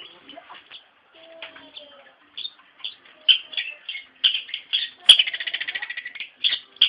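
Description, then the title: Bird song: sparse chirps building into quick, loud chirping phrases, including a fast rattling trill of repeated notes. "Kicau Burung"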